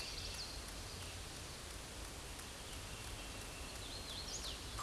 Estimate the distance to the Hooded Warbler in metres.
about 60 m